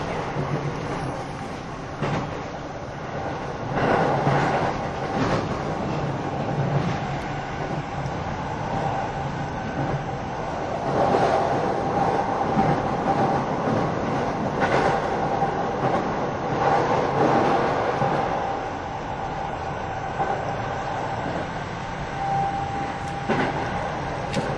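A train runs steadily, a continuous rumbling roar with a dense low drone throughout. A faint thin whine holds near one pitch, and brief rattling clacks recur every couple of seconds, swelling slightly around the middle and late parts.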